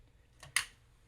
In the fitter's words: make sure to hear that click when you put this in